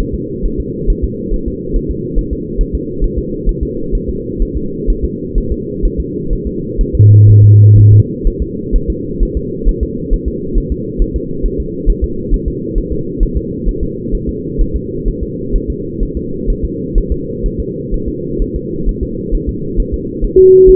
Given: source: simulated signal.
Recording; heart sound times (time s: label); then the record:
fetal heart sounds
0.00 s: S1
0.14 s: S2
0.45 s: S1
0.60 s: S2
0.90 s: S1
1.04 s: S2
1.34 s: S1
1.48 s: S2
1.76 s: S1
1.91 s: S2
2.19 s: S1
2.33 s: S2
2.61 s: S1
2.75 s: S2
3.04 s: S1
3.19 s: S2
3.49 s: S1
3.63 s: S2
3.95 s: S1
4.09 s: S2
4.42 s: S1
4.57 s: S2
4.90 s: S1
5.04 s: S2
5.38 s: S1
5.52 s: S2
5.85 s: S1
6.00 s: S2
6.33 s: S1
6.47 s: S2
6.81 s: S1
6.95 s: S2
7.30 s: S1
7.44 s: S2
7.78 s: S1
7.93 s: S2
8.27 s: S1
8.42 s: S2
8.76 s: S1
8.90 s: S2
9.23 s: S1
9.37 s: S2
9.69 s: S1
9.83 s: S2
10.13 s: S1
10.28 s: S2
10.58 s: S1
10.72 s: S2
11.02 s: S1
11.16 s: S2
11.45 s: S1
11.60 s: S2
11.89 s: S1
12.04 s: S2
12.34 s: S1
12.48 s: S2
12.78 s: S1
12.92 s: S2
13.23 s: S1
13.37 s: S2
13.69 s: S1
13.83 s: S2
14.15 s: S1
14.29 s: S2
14.61 s: S1
14.76 s: S2
15.08 s: S1
15.23 s: S2
15.56 s: S1
15.70 s: S2
16.03 s: S1
16.17 s: S2
16.50 s: S1
16.64 s: S2
16.98 s: S1
17.12 s: S2
17.46 s: S1
17.60 s: S2
17.94 s: S1
18.08 s: S2
18.42 s: S1
18.56 s: S2
18.89 s: S1
19.03 s: S2
19.35 s: S1
19.49 s: S2
19.80 s: S1
19.94 s: S2
20.25 s: S1
20.39 s: S2
20.69 s: S1
From the record:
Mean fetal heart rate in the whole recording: 130 bpm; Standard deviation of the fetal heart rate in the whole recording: 4 bpm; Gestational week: 38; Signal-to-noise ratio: -6.6 dB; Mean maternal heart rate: 72 bpm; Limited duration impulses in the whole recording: present